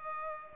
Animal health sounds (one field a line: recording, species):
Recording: mosquito wingbeat signal from an infrared sensor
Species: Culex pipiens